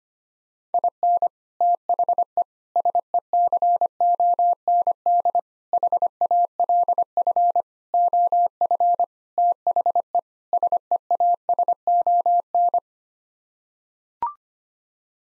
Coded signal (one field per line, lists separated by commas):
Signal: Morse code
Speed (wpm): 25 wpm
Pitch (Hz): 700 Hz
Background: none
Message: IN THE SECOND HALF OF THE SEASON